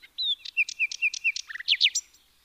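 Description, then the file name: Common nightingale phrase: a drawn-out whistle, then a quick string of paired downslurred notes ending in buzzy, emphatic chirps. "Luscinia megarhynchos"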